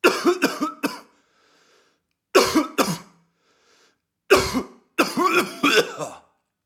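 An adult coughing in several bouts, each a quick run of harsh coughs separated by pauses.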